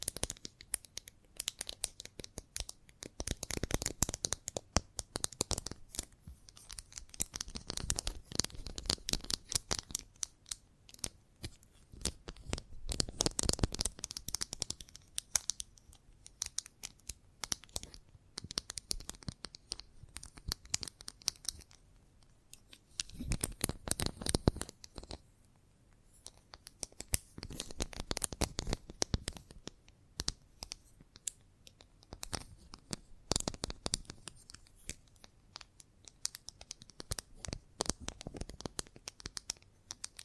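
Chalk scratching and tapping in dense, gritty bursts of short strokes, bright and crackly, running almost continuously. The strokes come in clusters, with louder rasping passages around 4, 13 and 24 seconds and brief quieter gaps near 15 and 26 seconds.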